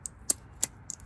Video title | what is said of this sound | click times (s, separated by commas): How To Change and Upgrade Your Brakes. (PowerStop Brake Pad and Rotor Kit Install) | let's get those clamps and they just snap right in place | 0.3 s, 0.6 s